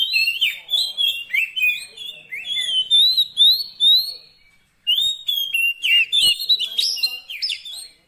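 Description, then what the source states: Oriental magpie-robin singing rich, sliding whistled notes in fast succession, a brief silence just before five seconds, then another lively run of whistles. Long-duration fill-in (isian) recording of kacer song, meant to get a bird singing actively (gacor) day and night.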